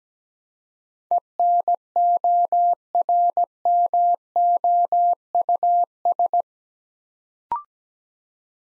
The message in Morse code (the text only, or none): ENORMOUS